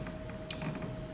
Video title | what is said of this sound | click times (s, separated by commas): Saving a Burnt Landini, part 6 | and you heard the click | 0.5 s